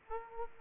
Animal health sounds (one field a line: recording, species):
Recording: mosquito wingbeat signal from an infrared sensor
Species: Aedes aegypti